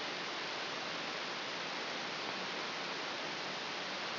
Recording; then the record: brain microelectrode recording played as sound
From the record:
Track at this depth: inside the subthalamic nucleus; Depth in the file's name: 1.539 mm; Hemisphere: left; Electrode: 3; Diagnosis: Parkinson's disease